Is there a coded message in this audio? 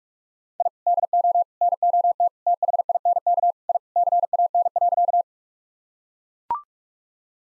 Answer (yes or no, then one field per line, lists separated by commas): yes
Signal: Morse code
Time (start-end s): 0.6-5.2 s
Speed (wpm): 42 wpm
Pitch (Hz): 700 Hz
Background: none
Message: I DO NOT THINK I CAN.